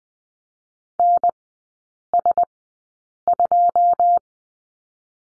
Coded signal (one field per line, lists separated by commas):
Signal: Morse code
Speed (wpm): 20 wpm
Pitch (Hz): 700 Hz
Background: none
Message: N S 2